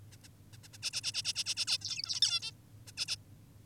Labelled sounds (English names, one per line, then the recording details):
Zebra Finch
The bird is an adult
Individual g19o10U